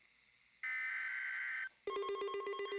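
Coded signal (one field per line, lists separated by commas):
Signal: Emergency Alert System (SAME) tones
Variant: header bursts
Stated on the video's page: Special weather statement alert.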